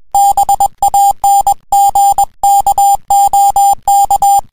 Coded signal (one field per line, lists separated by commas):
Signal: Morse code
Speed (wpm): 20 wpm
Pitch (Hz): 800 Hz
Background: music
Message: BANGKOK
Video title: #HF,#CW,#10M,#28MHZ,28.005MHZ,19-10-2011,0200Z-0205Z FK8IK .wmv